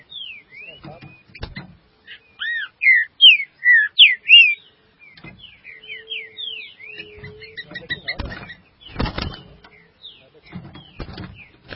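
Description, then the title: Green-winged saltator song: loud clear whistled phrase of rising and falling slurred notes, some doubled, with softer twittering before and scattered clicks and knocks afterward. "Trinca Ferro"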